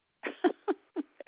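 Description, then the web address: Koala call: several loud, harsh, pulsed grunts with rich harmonics, separated by short gaps. Recorded 2 1 2021, 3:32 PM. "Koala CS HMCrecordings 2 1 2021 3 32 46 PM"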